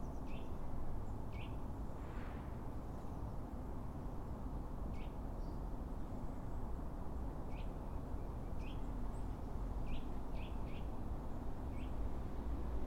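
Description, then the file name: Eurasian nuthatch calls: scattered short, sharp, high notes, some in quick pairs or triplets, with pauses between, set against steady low-pitched ambient noise. "Sitta europaea"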